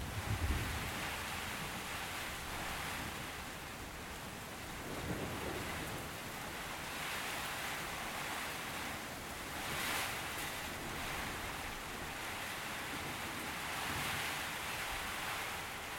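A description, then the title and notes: A storm with steady rain fills the whole stretch, a dense, even hiss with a low rumble underneath. A soft thump opens it, and the wash swells slightly around five, ten and fourteen seconds before settling again. Background storm and rain sounds.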